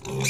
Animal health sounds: pig call; weaner (32 to 43 days)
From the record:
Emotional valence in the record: negative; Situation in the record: short isolation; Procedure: open field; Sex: female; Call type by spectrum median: low-frequency call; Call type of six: mixed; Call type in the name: high-frequency modulated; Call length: 0.30 s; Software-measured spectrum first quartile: 252 Hz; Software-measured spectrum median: 1881 Hz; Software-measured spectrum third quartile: 4341 Hz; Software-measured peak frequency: 2395 Hz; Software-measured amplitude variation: 98 dB a second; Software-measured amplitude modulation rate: 16.7 a second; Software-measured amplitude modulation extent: 5.9 dB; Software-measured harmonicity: 2.2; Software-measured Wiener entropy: -3.02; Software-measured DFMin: 680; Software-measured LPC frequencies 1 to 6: 2390, 3981, 4868, 5874, 6259, 6787 Hz

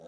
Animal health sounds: pig call; piglet (1 to 25 days)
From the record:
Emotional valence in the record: negative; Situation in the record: short isolation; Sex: male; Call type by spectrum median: low-frequency call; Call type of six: low-frequency tonal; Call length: 0.09 s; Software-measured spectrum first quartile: 392 Hz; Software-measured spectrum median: 533 Hz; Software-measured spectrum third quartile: 735 Hz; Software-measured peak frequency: 509 Hz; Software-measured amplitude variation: 54 dB a second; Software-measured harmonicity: 2.7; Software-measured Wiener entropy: 0.03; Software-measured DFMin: 1059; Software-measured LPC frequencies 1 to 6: 584, 3723, 5756, 6795, 8127, 9488 Hz

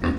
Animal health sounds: pig call; growing-finishing pig (85 days or more)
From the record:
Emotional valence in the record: negative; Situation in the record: barren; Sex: female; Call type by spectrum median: low-frequency call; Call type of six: low-frequency stable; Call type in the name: low-frequency stable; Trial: 3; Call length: 0.20 s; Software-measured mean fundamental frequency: 75 Hz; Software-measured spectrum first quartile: 184 Hz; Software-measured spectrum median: 347 Hz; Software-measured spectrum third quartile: 1120 Hz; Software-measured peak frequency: 257 Hz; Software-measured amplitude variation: 105 dB a second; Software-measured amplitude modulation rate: 17.8 a second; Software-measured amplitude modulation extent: 5.9 dB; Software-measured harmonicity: -3.4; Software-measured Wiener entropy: -1.69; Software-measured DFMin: 807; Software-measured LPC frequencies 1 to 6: 297, 1172, 1790, 2673, 3531, 4395 Hz

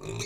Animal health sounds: pig call; weaner (32 to 43 days)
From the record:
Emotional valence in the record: negative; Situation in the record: novel object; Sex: female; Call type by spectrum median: low-frequency call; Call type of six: mixed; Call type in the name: high-frequency modulated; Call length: 0.26 s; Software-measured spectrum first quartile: 258 Hz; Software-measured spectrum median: 1265 Hz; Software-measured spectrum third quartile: 4584 Hz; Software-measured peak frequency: 396 Hz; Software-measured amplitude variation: 117 dB a second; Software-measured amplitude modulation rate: 24.9 a second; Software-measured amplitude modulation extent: 4.7 dB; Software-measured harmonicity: 3.9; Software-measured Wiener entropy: -3.04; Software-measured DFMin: 1163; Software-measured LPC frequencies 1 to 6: 379, 1124, 2408, 3757, 4256, 5779 Hz

